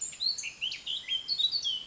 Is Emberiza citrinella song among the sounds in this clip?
no